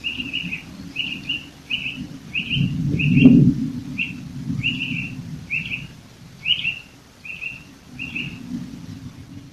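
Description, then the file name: Eurasian nuthatch giving a steady series of short piping notes over a low rumbling background, with a brief louder knock midway. "Sitta europaea"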